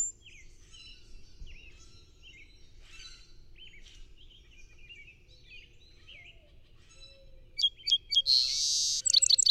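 Song sparrow song bursts in near the end, sharp notes and a buzz, after several seconds of faint birdsong.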